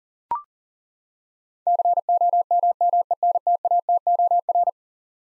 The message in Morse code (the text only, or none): COMMENTATOR